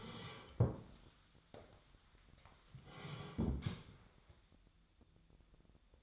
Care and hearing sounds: daily activity, microphone in the room; sit down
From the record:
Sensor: 3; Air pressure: 1015.2 hPa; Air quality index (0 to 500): 172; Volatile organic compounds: 14 ppm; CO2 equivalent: 2462 ppm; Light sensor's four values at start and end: 14/36/14/15 and 15/38/15/16

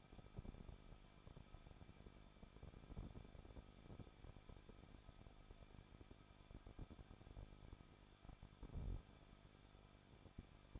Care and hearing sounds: daily activity, microphone in the room; no activity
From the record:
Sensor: 5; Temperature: 20.8 degrees Celsius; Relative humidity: 38.4%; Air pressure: 1006.4 hPa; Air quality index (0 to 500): 190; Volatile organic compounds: 20 ppm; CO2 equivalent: 2679 ppm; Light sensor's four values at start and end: 2/3/1/1 and 2/3/1/1

